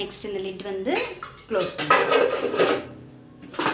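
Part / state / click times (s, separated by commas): lid onto mixer grinder jar / not seated / none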